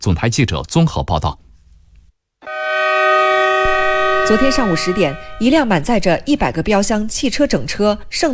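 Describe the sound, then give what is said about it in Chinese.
A Yiwu-Xinjiang-Europe China-Europe freight train, loaded with 100 standard containers of goods, blows its horn departing Yiwu West Station in Zhejiang: one long, steady, loud chord for about two seconds, fading as a voice begins talking over it. Speech also comes briefly before the horn. “昨天上午10点，一辆满载着100个标箱、汽车、整车、圣诞用品、棉服羽绒服等货物的义新欧中欧班列从浙江铁路义乌西站鸣笛启程。”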